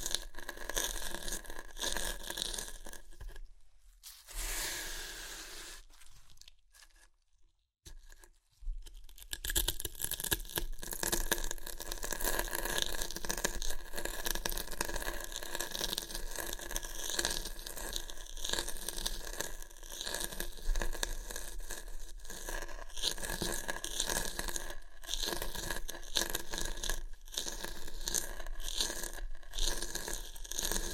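Crunchy chips being crushed and eaten, a dense run of crackling, crinkling bits that carries on almost without pause. Around four to nine seconds the sound drops to near silence with a few brief scrapes, then the steady crunching resumes to the end.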